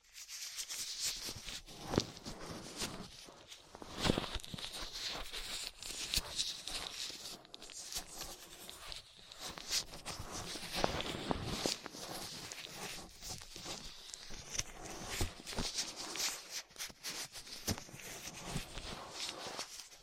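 Ear cleaning with latex gloves, a dental pick and cotton swabs: dense, continuous crackly rustling and scraping with frequent sharp clicks and soft thuds throughout.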